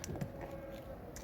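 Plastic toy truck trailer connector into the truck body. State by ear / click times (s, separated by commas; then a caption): not seated / none. An all-plastic connectable toy truck from a 1980s Matchbox range has its trailer connector handled against the truck body, with brief plastic taps at about 0.0, 0.2, 1.2 and 1.3 seconds over a low steady background. Nothing has seated or clicked yet.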